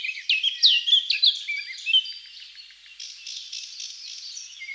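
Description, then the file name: Eurasian blackcap song opening with clear, sweet whistled notes in quick succession, then fading into a softer, rapid scratchy warble. "Sylvia atricapilla"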